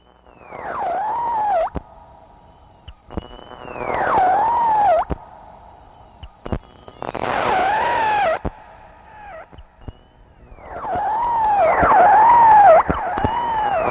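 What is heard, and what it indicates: Steady high-pitched ringing with bursts of warbling, sweeping bell-like tones, simulating tinnitus heard as bells.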